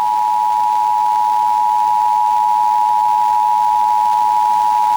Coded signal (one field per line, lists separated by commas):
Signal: Emergency Alert System (SAME) tones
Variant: 853 and 960 Hz attention tone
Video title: EAS #503-505: 1 NWR and 2 EAS Required Monthly Tests- May 4, 2021